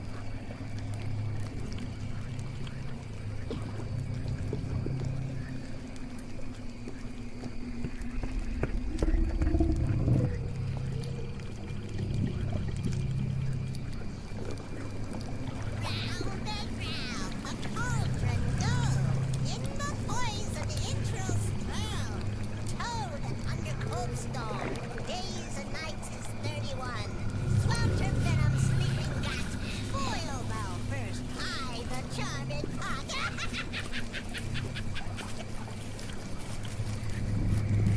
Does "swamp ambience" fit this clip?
yes